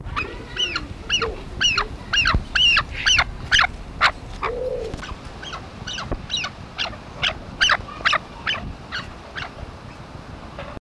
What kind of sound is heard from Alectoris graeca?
call